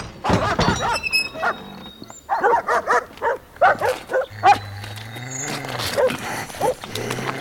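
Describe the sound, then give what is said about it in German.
Several dogs being fed raw kidneys bark in rapid, overlapping bursts, loud and agitated, with a low growl or snarl running beneath the barking toward the end. “Was machen Sie mit meinen Hunden?”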